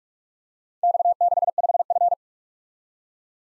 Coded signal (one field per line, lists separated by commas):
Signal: Morse code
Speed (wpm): 44 wpm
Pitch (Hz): 700 Hz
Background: none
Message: X65F